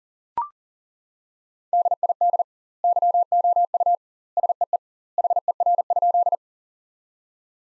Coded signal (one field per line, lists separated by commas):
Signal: Morse code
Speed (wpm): 40 wpm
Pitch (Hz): 700 Hz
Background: none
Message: DID YOU SEE HER?